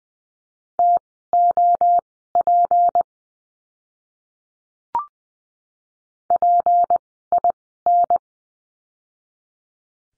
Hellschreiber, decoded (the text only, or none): none